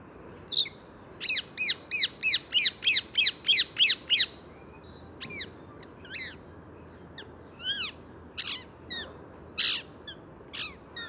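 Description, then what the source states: Rose-ringed Parakeet screeching calls: a fast, regular series of harsh downslurred shrieks, then looser, scattered screeches; faint background hiss. Green parakeet; the source says these parakeets have very loud, screeching calls.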